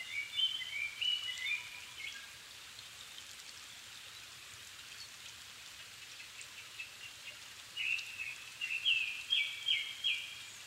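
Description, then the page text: Japanese thrush delivering whistled song phrases, a quick series of mellow notes at the start and another warbling run near the end, with steady background hiss between. Evening, 7 May 2011 at 17:59; altitude 270 m; Sony PCM-D50 recorder with Panasonic WM-61A microphone. "Turdus cardis [Sounds -Nikko Today-]"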